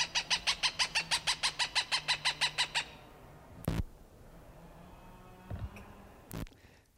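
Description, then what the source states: Cooper's hawk calling a quick, steady string of harsh cak notes for about three seconds, then silence broken by a few loud knocks or thumps. Recorded June 21, 1995.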